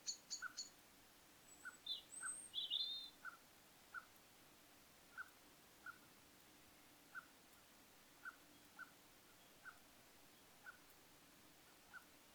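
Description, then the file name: Common blackbird calls: a few high thin notes near the start, then short soft notes repeated throughout, over a steady hiss. "Turdus merula"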